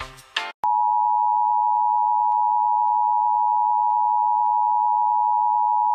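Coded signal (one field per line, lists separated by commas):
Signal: Emergency Alert System (SAME) tones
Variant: 853 and 960 Hz attention tone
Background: music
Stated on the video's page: Alabama Required Monthly Test and NWS flash flood warning EAS tones relayed on WDFA.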